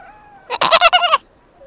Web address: antarctic fur seal